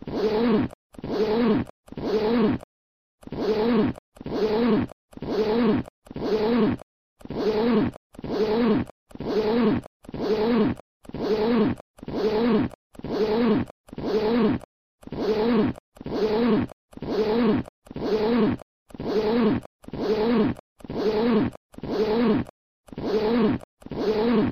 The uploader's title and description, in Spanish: Sonido de cremallera bolso. El sonido de la cremallera del bolso